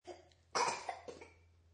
Baby cough choke medium distant.